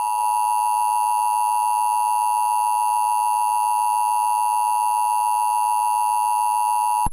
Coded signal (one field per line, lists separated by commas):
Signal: Emergency Alert System (SAME) tones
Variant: 853 and 960 Hz attention tone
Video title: EAS Mock: what if Dressy Bessy was on one?